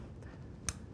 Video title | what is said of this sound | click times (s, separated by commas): How To Install Heated Motorcycle Gear Wiring at RevZilla.com | you hear that click, means this is in here, it's locked in. | 0.7 s